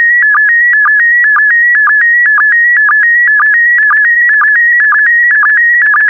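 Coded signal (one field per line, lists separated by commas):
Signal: SSTV (slow-scan television)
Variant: PD120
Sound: warbling tone shifting between pitches, with short low blips about twice a second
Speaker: the next image transmission will start in 10 seconds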